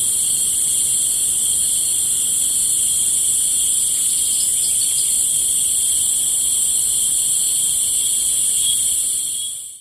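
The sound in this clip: Cicada chorus as a continuous shrill hum in stacked high bands, constant in pitch and loudness, fading out at the very end.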